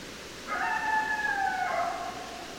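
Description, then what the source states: Coyote howl, one long steady note that bends slightly downward at its end, set against soft continuous hiss. More than one coyote, recorded 10 December 2012.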